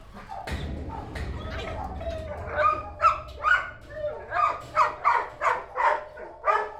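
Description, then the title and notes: Dog giving a string of rapid, excited barks and yelps. Excited, joyful dog named Pepsi met at an SPA animal shelter in Allondans, France; touches the microphones, resonance from contact with the cage; Beyerdynamic MC930 ORTF, LOM Geofon, Zoom F6. "1 Bois Dessus, 25200 Allondans, France - Chien Copain. Se balader à la SPA et rencontrer son nouvel ami Pepsi ! Tellement joyeux qu’il tape même nos micros. mis en résonnance au contact de la cage. (EspaceS SonoreS) Observatoire phoNographique sensible du Pays de Montbéliard"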